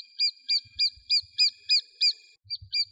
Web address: Dendrocopos minor